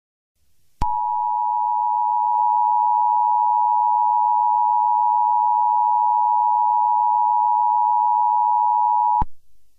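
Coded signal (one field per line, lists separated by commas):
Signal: Emergency Alert System (SAME) tones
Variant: 853 and 960 Hz attention tone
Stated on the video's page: Fictional EAS scenario using valid SAME headers.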